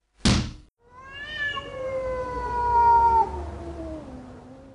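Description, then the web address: Cat meowing: a short thump, then one long, drawn-out meow that holds steady before sliding lower in pitch and fading out. "kasino macka"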